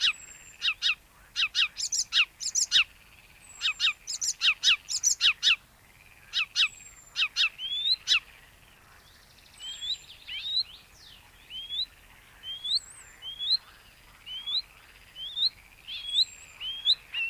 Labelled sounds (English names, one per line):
Icterine Warbler song